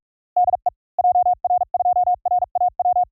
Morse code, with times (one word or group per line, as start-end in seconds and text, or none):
0.4-0.7 DE
1.0-3.0 JR2RAW